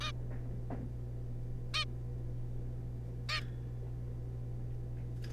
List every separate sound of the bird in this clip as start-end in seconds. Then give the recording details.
0.01-0.12, 1.74-1.85, 3.29-3.41. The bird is a juvenile. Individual R3549